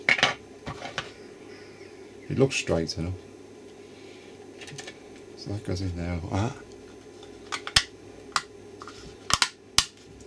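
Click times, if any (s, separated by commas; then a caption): 9.8 s. Someone talks while fitting a 3D printed plastic case lid onto its base, a case for a T-Beam radio board. Scattered light taps and knocks are heard before the two halves are pressed together and snap shut with a sharp click at 9.8 s. The case is seated and snapped closed.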